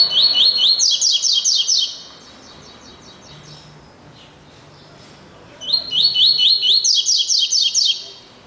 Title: Canto Coleiro